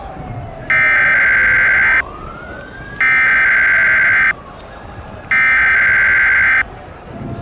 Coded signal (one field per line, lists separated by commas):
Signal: Emergency Alert System (SAME) tones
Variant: header bursts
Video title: EAS Scenario: Yukina Part 1